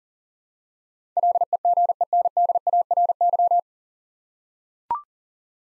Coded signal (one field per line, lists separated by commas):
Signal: Morse code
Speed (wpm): 43 wpm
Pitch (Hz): 700 Hz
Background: none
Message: LEGENDARY